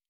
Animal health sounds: hydrophone in a shrimp aquaculture tank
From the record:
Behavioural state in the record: normal

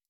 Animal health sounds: hydrophone in a shrimp aquaculture tank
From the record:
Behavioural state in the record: stressed

